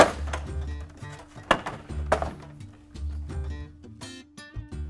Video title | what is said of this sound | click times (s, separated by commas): How to Remove & Replace 2018-2020 F-150 Factory Halogen Headlights | so you'll need to give it a little bit more force but it should pop free and i'm just going to bring it out towards me with | 1.5 s, 2.1 s